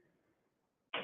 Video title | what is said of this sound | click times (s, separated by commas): THE FINALE! DAY FIVE OF HOOP FEST 2023! ❤🧵 | put it on the arms you can hear it snap in | 1.0 s